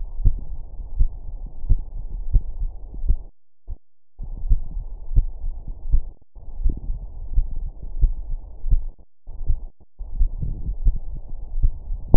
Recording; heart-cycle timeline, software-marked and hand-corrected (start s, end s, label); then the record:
heart sounds
0.00	0.20	diastole
0.20	0.34	S1
0.34	0.50	systole
0.50	0.60	S2
0.60	0.98	diastole
0.98	1.10	S1
1.10	1.24	systole
1.24	1.34	S2
1.34	1.68	diastole
1.68	1.82	S1
1.82	1.94	systole
1.94	2.02	S2
2.02	2.32	diastole
2.32	2.44	S1
2.44	2.60	systole
2.60	2.70	S2
2.70	3.04	diastole
3.04	3.18	S1
3.18	3.32	systole
3.32	3.40	S2
3.40	3.76	diastole
3.76	3.84	S1
3.84	4.00	systole
4.00	4.08	S2
4.08	4.46	diastole
4.46	4.60	S1
4.60	4.74	systole
4.74	4.84	S2
4.84	5.16	diastole
5.16	5.30	S1
5.30	5.44	systole
5.44	5.54	S2
5.54	5.88	diastole
5.88	6.02	S1
6.02	6.16	systole
6.16	6.24	S2
6.24	6.60	diastole
6.60	6.74	S1
6.74	6.88	systole
6.88	6.98	S2
6.98	7.34	diastole
7.34	7.46	S1
7.46	7.58	systole
7.58	7.68	S2
7.68	7.98	diastole
7.98	8.14	S1
8.14	8.28	systole
8.28	8.38	S2
8.38	8.68	diastole
8.68	8.84	S1
8.84	8.98	systole
8.98	9.06	S2
9.06	9.44	diastole
9.44	9.56	S1
9.56	9.70	systole
9.70	9.78	S2
9.78	10.16	diastole
10.16	10.32	S1
10.32	10.44	systole
10.44	10.54	S2
10.54	10.84	diastole
10.84	10.98	S1
10.98	11.12	systole
11.12	11.20	S2
11.20	11.56	diastole
11.56	11.72	S1
11.72	11.90	systole
11.90	12.00	S2
12.00	12.17	diastole
From the record:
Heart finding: coronary artery disease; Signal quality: good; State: rest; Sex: female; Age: 65 years